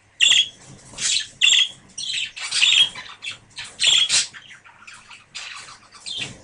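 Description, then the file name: Budgerigar chatter: shrill, harsh squawks and chirps in quick bursts, about one a second, with softer twittering between them. A pair of budgerigars. "suara-pasangan-parkit -omkicau"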